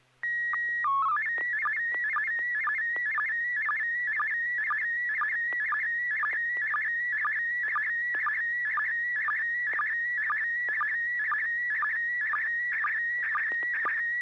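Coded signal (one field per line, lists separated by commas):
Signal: SSTV (slow-scan television)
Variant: PD 120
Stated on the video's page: SSTV images exchanged on a weekly amateur net via an FM repeater on 441.300 MHz in Sacramento, sent with MMSSTV software.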